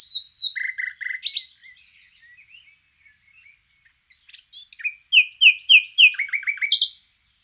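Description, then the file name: Common nightingale singing varied phrases: repeated clear notes, soft twittering, then a run of rising slurred whistles and a quick series of sharp descending notes. "Luscinia megarhynchos"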